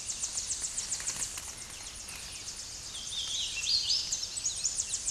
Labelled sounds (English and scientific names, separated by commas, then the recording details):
Hooded Warbler (Setophaga citrina) song
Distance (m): 20 m
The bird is about 5 m above the microphone
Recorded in a Pennsylvania forest on 16 May 2024 at 08:17
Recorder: AudioMoth, point MSD-1293
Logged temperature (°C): 12.0 °C
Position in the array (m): 55 m, 173 m